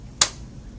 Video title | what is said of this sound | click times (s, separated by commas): How to assemble a Graco Lovin' Hug® Infant Swing | once you hear the two clicks we know it's assembled properly now | 0.2 s